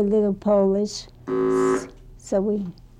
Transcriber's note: a ringer buzzes